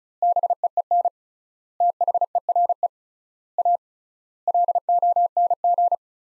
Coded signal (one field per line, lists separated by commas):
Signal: Morse code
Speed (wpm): 36 wpm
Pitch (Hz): 700 Hz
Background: none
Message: BEEN THERE A LONG